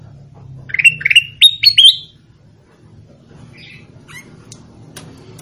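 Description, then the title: Sooty-headed bulbul song: a quick phrase of five rising whistled notes, followed by faint chirps over a low hum. "Suara Burung Kutilang"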